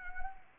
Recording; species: mosquito wingbeat signal from an infrared sensor; Anopheles arabiensis